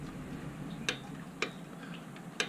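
A torque wrench tightens the steel oil drain plug into the oil pan under a Harley-Davidson Touring motorcycle. Two ratcheting ticks sound at about 0.9 s and 1.4 s, and a sharp click comes at 2.4 s as the wrench reaches its setting of about 20 foot-pounds, confirming the plug is torqued.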